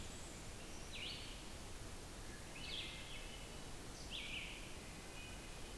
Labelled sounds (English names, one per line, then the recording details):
Red-eyed Vireo song
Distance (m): 85 m
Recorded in boreal forest in Alberta, Canada, on 14 June 2016 at 06:09
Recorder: SongMeter 3, array SBT-3-33
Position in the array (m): 267 m, 180 m